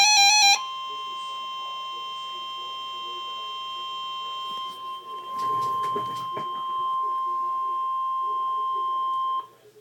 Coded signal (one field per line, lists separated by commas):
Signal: Emergency Alert System (SAME) tones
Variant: 1050 Hz attention tone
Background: speech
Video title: EAS Alert #182